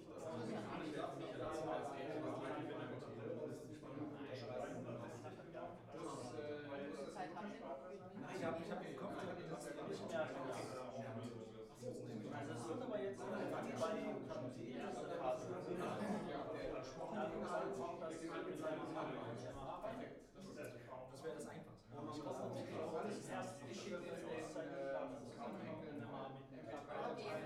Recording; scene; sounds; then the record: everyday scene through a hearing-aid microphone; many people talking; many voices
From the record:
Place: bistro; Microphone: behind the ear, left, rear